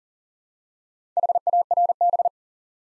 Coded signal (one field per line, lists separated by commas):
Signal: Morse code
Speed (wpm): 38 wpm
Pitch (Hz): 700 Hz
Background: none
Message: HARB